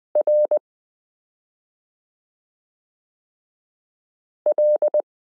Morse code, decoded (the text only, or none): RL